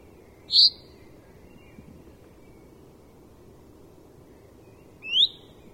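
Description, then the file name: Common Chaffinch with a short high note, a pause of over four seconds, then a rising upslurred call; soft background noise throughout. "Fringilla coelebs"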